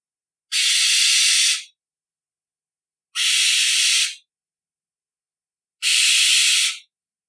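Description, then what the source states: Barn owl screeching: three long, harsh, hissing screeches, each about a second long, repeated every two and a half seconds in silence. Screeches at night.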